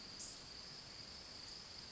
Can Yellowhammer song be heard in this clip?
no